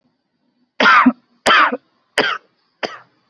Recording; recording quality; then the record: heavy voluntary cough; excellent, no background noise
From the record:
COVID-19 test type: RT-PCR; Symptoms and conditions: diabetes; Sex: male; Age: 34 years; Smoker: no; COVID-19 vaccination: both doses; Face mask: worn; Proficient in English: yes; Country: India